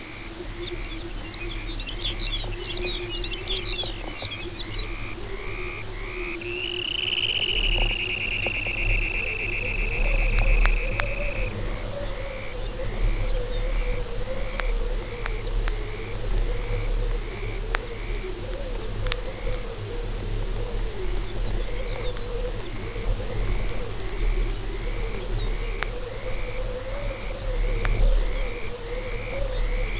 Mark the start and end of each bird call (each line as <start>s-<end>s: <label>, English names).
0.01s-18.38s: Dunlin
0.52s-4.89s: Lapland Longspur
11.94s-13.88s: Lapland Longspur
19.16s-19.68s: Dunlin
20.86s-22.14s: Dunlin
21.14s-22.79s: Lapland Longspur
22.46s-29.96s: Dunlin
24.07s-24.70s: Lapland Longspur
25.16s-25.73s: Lapland Longspur
26.80s-28.55s: Lapland Longspur
29.52s-30.00s: Lapland Longspur